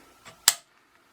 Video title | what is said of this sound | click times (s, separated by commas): Polish DPM Light Machine Gun Parts Kit Review | push in rotate locks in place here | 0.5 s